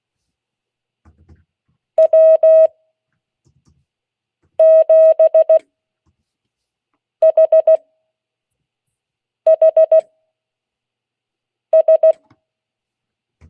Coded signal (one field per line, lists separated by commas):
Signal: Morse code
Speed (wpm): 16 wpm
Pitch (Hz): 640 Hz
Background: none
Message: W7HHS